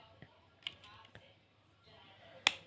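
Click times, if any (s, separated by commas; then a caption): 2.5 s. The plastic housing latch on a locked-shut Beardo hair trimmer body is pressed at one point and pushed up to open it. A few faint taps and handling noises come before a single sharp, bright snap at 2.5 s. The latch releases and the housing clicks open.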